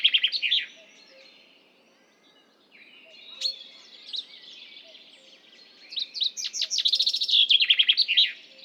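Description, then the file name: Common chaffinch song: a bright descending trill of rattling notes ending in a flourish, heard once in full after the tail end of an earlier song, with faint thin calls between. "Fringilla coelebs"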